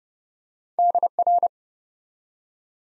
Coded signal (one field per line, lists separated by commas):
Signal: Morse code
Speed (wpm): 30 wpm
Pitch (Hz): 700 Hz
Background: none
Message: DR